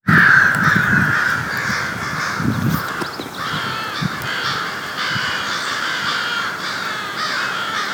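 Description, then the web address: Crows cawing continuously, harsh overlapping calls with no pauses, and occasional low thumps. Crows recorded in Middletown on 18 May 2013. "middletown crows 20130518"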